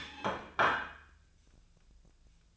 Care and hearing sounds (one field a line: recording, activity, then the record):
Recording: daily activity, microphone in the room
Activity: place plate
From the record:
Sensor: 2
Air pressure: 1009.2 hPa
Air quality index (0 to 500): 187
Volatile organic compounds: 11 ppm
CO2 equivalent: 2323 ppm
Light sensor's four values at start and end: 23/58/25/27 and 23/58/25/27